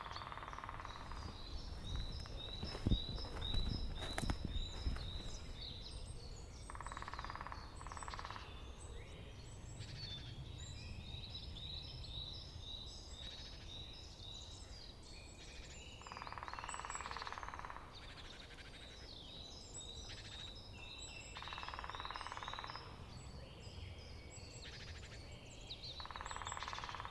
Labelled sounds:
Lesser Spotted Woodpecker drumming
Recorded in the wild
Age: adult
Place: Hobrechtsfelder Rieselfelder, Naturpark Barnim, Berlin, DE
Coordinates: 52.663, 13.466
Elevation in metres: 60
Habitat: deciderous forest
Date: 2014-03-23
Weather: sunny, 7-8°C, almost no wind
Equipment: Sound Devices 702, Sennheiser MKH 70, Rycote Windschutz
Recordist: Frommolt, Karl-Heinz

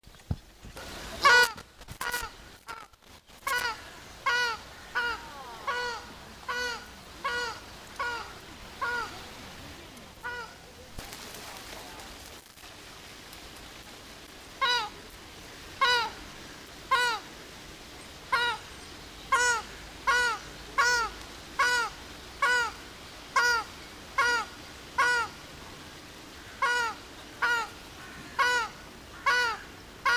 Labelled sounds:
Ruddy Shelduck call
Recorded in captivity
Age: adult
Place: Zoo Berlin, Berlin, DE
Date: 2002-09-04 13:04
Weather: sunny, 24°C
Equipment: Nagra SN, Kopie Uher 4000 Report Monitor
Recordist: Tembrock, Günter

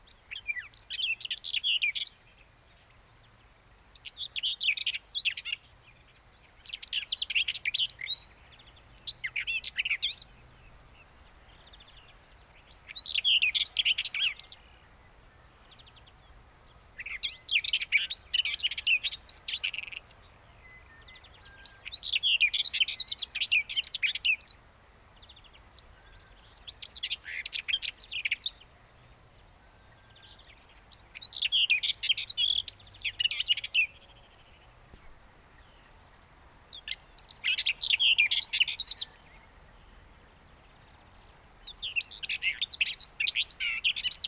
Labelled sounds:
Common Whitethroat song
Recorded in the wild
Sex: male
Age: adult
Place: Hallstadt, Bayern, DE
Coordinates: 49.9272, 10.8808
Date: 1963-04-27
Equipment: Nagra, AKG D19/200, Original, Vollspur
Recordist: Tretzel, Erwin

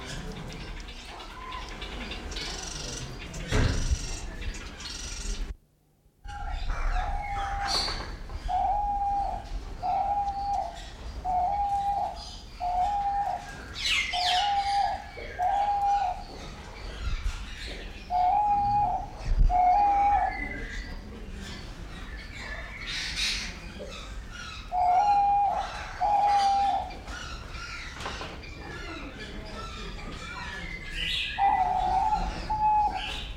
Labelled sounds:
Blue-winged Kookaburra call
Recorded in captivity
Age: adult
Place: Zoo Berlin, Berlin, DE
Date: 1992-12-25 10:53
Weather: heiter, -7°C
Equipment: Marantz CP 430, Sennheiser ME 80, Kopie Uher Variocord 263
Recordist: Tembrock, Günter

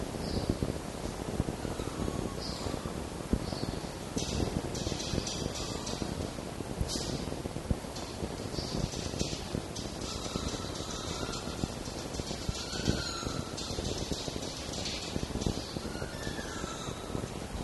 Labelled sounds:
Red Fox
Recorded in captivity
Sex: group
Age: diverse
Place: Zoologisches Institut der HUB, Berlin, DE
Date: 1954-05-27 11:10
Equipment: Elmetra
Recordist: Tembrock, Günter

